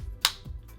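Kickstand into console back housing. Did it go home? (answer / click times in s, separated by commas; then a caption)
yes / 0.2 s. The plastic kickstand on the back housing of a Nintendo Switch (Neon) handheld console is moved into position, giving a sharp, bright click at 0.3 s followed by a faint softer tap near 0.7 s. The kickstand snaps into place and is seated.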